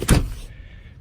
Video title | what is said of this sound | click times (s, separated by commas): C-Mo breathtaking land rover LR3 for sale!! | my fingers in there pull it up locks into place | 0.1 s